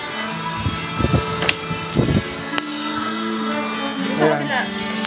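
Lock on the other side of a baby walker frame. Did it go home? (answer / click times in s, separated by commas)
no / none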